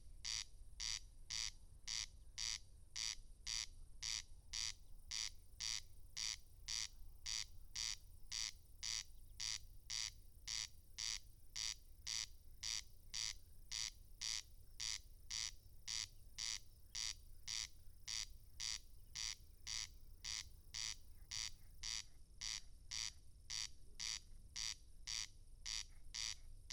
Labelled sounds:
Corn Crake song

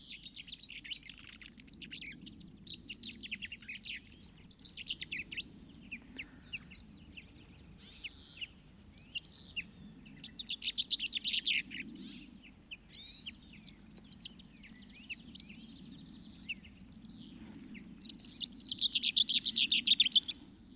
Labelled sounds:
Common Chaffinch song

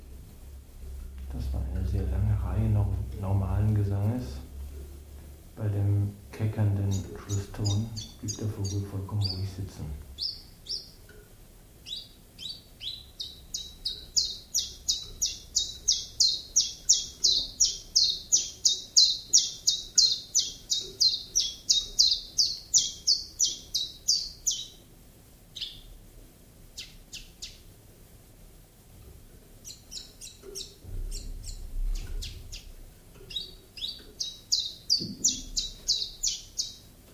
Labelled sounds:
Common Chiffchaff song

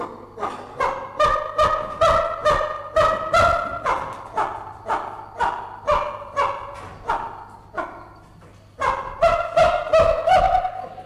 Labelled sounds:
Chimpanzee call

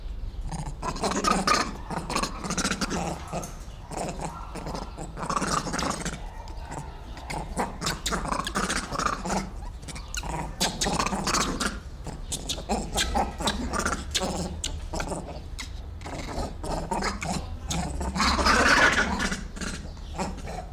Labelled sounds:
Grivet

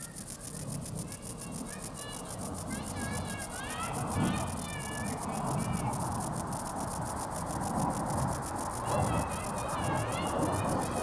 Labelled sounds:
Stripe-winged Grasshopper stridulation

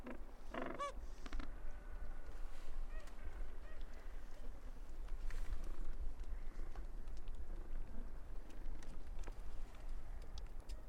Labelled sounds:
Gentoo Penguin call

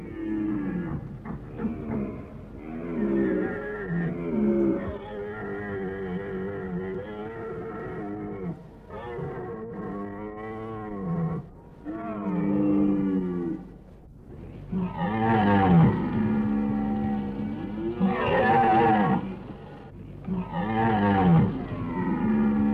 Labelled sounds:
Red Deer courtship call

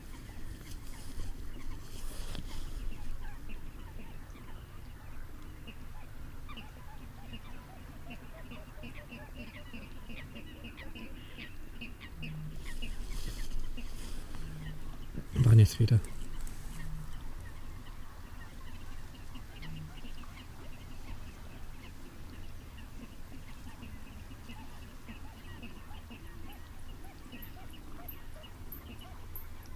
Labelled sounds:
Little Crake

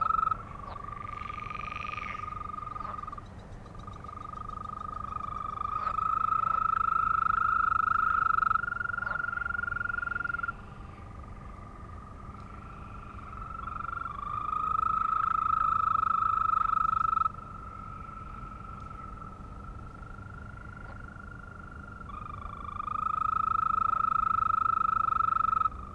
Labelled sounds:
Green Toad call

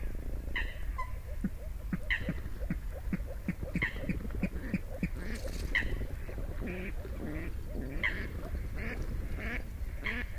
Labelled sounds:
Water Rail

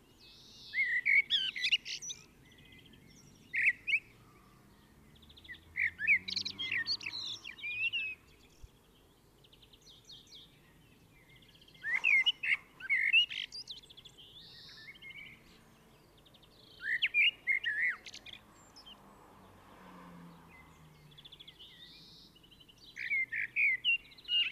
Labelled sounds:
Common Blackbird song

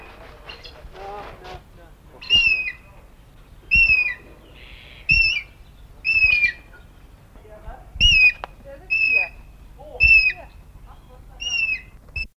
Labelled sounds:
African Gray Hornbill call

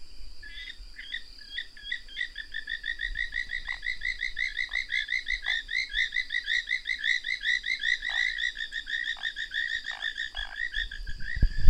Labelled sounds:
African Gray Treefrog call

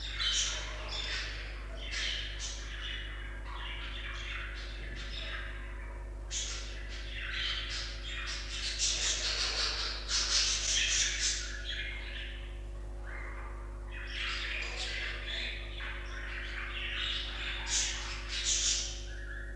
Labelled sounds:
Budgerigar call

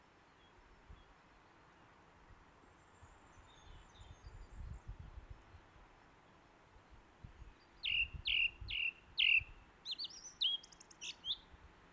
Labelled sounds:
Song Thrush song

